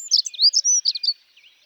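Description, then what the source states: Dunnock song: a single rapid, high jingling warble of squeaky notes lasting about a second, then fading into quiet. Also called traîne-buisson; often overwinters locally; sings often in spring; shy bird that moves about constantly.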